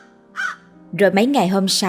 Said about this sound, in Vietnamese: Nhớ lại cái ngày đầu tiên vừa mới dọn đến ở, khi đang đứng dưới sân để đuổi theo thằng cháu thì có con quạ kêu lên thất thanh.